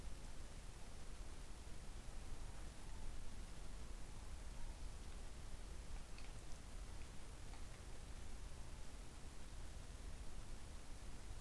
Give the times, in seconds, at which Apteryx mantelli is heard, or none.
none